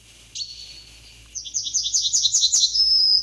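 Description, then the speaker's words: Yellowhammer song: one thin note, then a rapid rattling string of repeated high notes finishing in a sustained high whistle, over a quiet low hum. Song with a clear, easily remembered melody; a field bird of field edges and hedges; played as a recording. "Lass die Goldammer. Lass sie mal singen."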